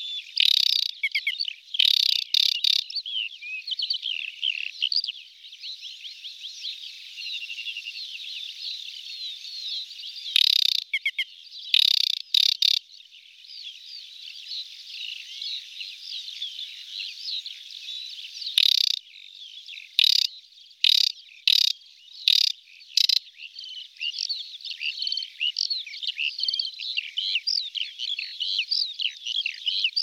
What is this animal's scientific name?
Acrocephalus paludicola